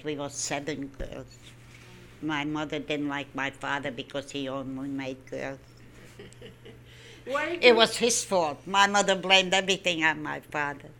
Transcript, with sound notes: We were seven girls. My mother didn't like my father because he only made girls. (They laugh.) It was his fault. My mother blamed everything on my father.